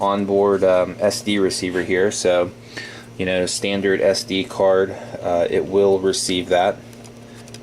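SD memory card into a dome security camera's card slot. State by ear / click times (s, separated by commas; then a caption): seated / 7.5 s. A standard SD card is pushed into the on-board card slot of a 3MP 360-degree panoramic fisheye dome security camera. Someone talks for most of the clip, then a few small clicks follow after the speech stops. The card latches and is mounted with a click at 7.5 s.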